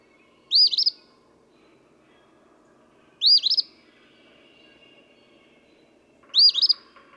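Eastern phoebe song, a harsh hiccuping two-part phrase given three times at roughly three-second intervals.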